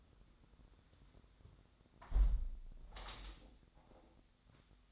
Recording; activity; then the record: daily activity, microphone in the room; close window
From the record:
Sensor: 3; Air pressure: 1006.5 hPa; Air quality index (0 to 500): 208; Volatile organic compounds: 19 ppm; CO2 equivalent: 2654 ppm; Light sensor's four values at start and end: 11/25/10/10 and 10/24/10/10